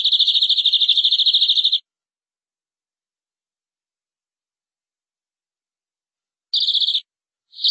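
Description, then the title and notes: Canary song: a rapid, even trill of high buzzy pulses lasting nearly two seconds, then silence, followed by two brief bursts of the same trill. "BM Suara Kenari. BM Suara Burung Kenari"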